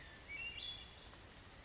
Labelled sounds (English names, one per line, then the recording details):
Western Flycatcher
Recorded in Sonoma County, California